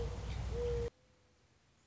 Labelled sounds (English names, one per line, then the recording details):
Mourning Dove
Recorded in Sonoma County, California